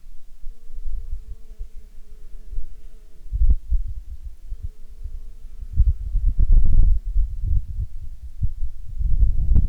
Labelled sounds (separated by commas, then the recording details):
wind, insects
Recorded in Ivvavik National Park, Yukon, on 27 June 2019 at 13:49
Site SINP09